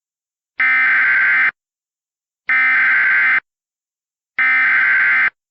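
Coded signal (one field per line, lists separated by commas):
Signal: Emergency Alert System (SAME) tones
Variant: header bursts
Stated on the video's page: Remade alerts using valid EAS tones, recreating Flash Flood Emergency alerts for Michigan dam failures.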